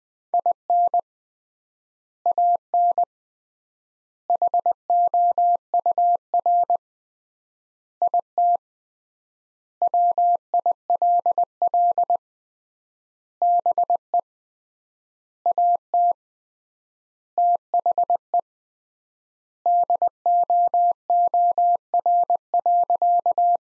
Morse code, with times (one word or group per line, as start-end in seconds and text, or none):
0.3-1.0 IN
2.3-3.0 AN
4.3-6.8 HOUR
8.0-8.6 IT
9.8-12.2 WILL
13.4-14.2 BE
15.5-16.1 AT
17.4-18.4 THE
19.7-23.6 DOOR.